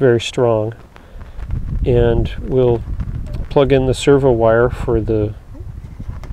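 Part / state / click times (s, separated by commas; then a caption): aileron servo wire connector into wing socket / seated / 6.2 s. Someone talks while the servo wire connector for the left aileron is plugged into its socket in the wing of a custom UAV. One short click at 6.2 s marks the connector snapping into place, seated.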